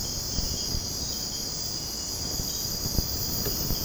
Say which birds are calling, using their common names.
none